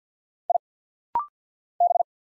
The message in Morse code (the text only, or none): I B